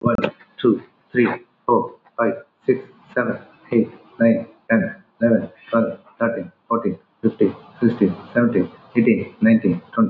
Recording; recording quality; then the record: counting at a normal pace; excellent, no background noise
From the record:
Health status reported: COVID-19 positive, mild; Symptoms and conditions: cough, cold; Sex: male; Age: 54 years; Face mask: worn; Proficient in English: yes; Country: India